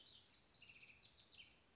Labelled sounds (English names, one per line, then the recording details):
House Wren
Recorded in Sonoma County, California